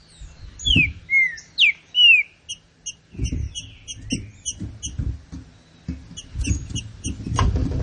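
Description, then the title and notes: Green-winged saltator song: a loud phrase of rich slurred whistles, then high chirps and low thumping noise. Classic song style, used for training. "Canto Clássico Trinca Ferro TREINAMENTO. trinca fero"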